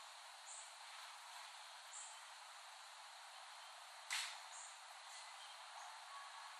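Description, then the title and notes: Cicadas drone in a continuous, even buzz, with a few faint high chirps and one sharp click partway through. Recorded in late summer 2008 in West Brighton, Staten Island. "Dronecast. The Cicadas of Summer. Recording of cicadas made by Dan Bodah in West Brighton, Staten Island, late summer 2008"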